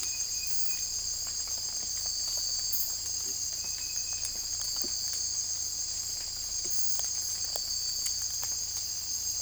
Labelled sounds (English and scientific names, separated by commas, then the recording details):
none
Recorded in secondary vegetation near Puerto Asís, Putumayo, Colombia, on 16 December 2024 at 04:00
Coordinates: 0.481, -76.318
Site G042